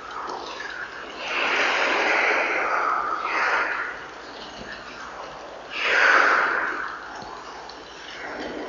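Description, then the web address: Oilbird screams: long, harsh, snarling cries in two or three drawn-out bursts with quieter rasping between them. Recorded in Ecuador. "Birds of Ecuador. Oilbird"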